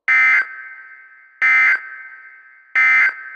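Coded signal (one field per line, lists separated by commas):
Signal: Emergency Alert System (SAME) tones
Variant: end-of-message bursts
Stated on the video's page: TV station EAS anomaly during a TeleBLUE test.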